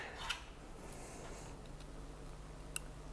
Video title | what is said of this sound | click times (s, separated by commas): Automated Printing on the Prusa MK3: Assembling the 3D Que Quinly System! (was live) | there we go that's the click we want to see or want to hear | 2.8 s